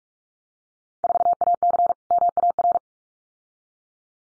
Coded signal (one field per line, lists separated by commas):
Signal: Morse code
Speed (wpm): 44 wpm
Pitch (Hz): 700 Hz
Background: none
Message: 4AC MAR